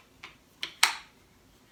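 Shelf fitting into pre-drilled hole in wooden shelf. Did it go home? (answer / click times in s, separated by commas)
partly / 0.8 s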